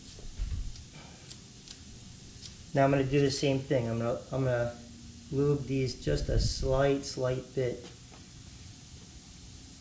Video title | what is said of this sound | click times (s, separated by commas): Chevy Colorado / GMC canyon rear rattle & squeak fix | okay gonna put this back together correctly make sure that pops into place now | 1.3 s, 1.7 s